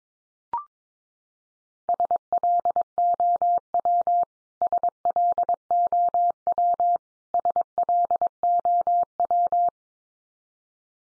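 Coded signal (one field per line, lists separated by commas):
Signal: Morse code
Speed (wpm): 22 wpm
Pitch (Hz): 700 Hz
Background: none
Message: SLOW SLOW SLOW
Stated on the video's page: Top 500 English words at 22 wpm, each sent three times in Morse, then spoken, then sent again, for head-copy practice.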